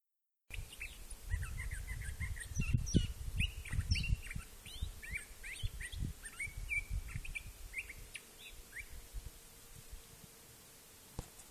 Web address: Winter Roadtrip 2013 2014 Sonoran Desert Ironwood forest songbird